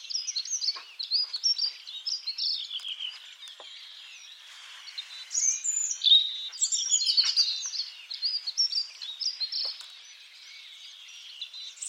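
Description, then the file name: European robin song of varied high, liquid warbles and squeaky notes delivered in quick successive phrases, with a quieter stretch before a louder burst. "Erithacus rubecula"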